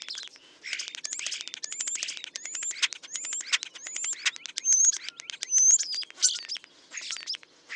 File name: European Starling